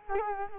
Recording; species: mosquito wingbeat signal from an infrared sensor; Culex quinquefasciatus